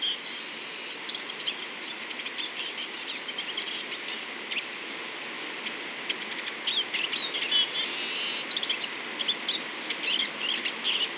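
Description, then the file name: Eurasian siskin song and calls: rapid high twittering with bursts of buzzy, wheezy notes over a constant background hiss. Song and calls of Eurasian siskins at Le Fau. "chant et cris de tarins des aulnes"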